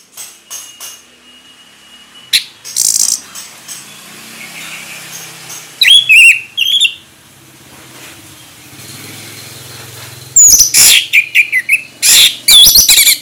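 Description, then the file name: Orange-headed thrush song, short high whistled phrases and chattering bursts broken by quiet stretches, growing denser toward the end. Sung in the ngeplong style, described as gacor, meaning it sings readily and steadily. "anis merah gacor ngeplong"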